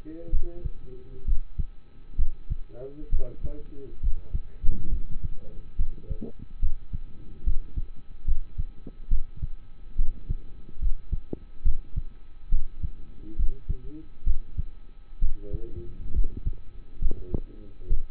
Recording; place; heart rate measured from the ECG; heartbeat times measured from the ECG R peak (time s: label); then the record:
heart sounds by stethoscope; between the tricuspid and mitral areas; 68 bpm
0.31 s: heartbeat
1.25 s: heartbeat
2.16 s: heartbeat
3.10 s: heartbeat
4.01 s: heartbeat
4.90 s: heartbeat
5.77 s: heartbeat
6.60 s: heartbeat
7.44 s: heartbeat
8.25 s: heartbeat
9.09 s: heartbeat
9.96 s: heartbeat
10.79 s: heartbeat
11.63 s: heartbeat
12.50 s: heartbeat
13.36 s: heartbeat
14.24 s: heartbeat
15.20 s: heartbeat
16.13 s: heartbeat
17.00 s: heartbeat
17.88 s: heartbeat
From the record:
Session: rest, lying down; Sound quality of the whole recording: partially saturated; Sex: male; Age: 27 years